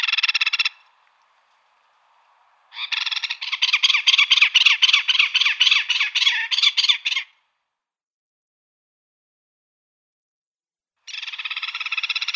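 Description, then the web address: Great spotted cuckoo giving harsh, rapid chattering calls, a short burst, then a long rattling series of grating notes lasting several seconds, and another burst near the end. "Schulze Peter Great Spotted Cuckoo calls"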